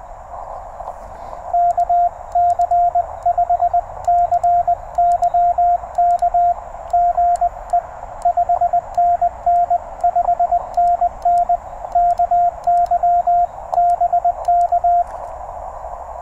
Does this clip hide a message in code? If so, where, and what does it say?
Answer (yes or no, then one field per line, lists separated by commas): yes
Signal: Morse code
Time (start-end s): 1.5-15.0 s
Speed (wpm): 20 wpm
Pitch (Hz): 700 Hz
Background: radio noise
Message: KC5CYK GE 5NN 5NN KY BK